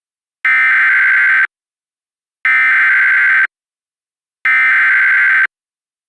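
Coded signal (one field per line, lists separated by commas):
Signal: Emergency Alert System (SAME) tones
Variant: header bursts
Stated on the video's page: Reenactment mock of a Severe Thunderstorm Warning, using valid EAS tones.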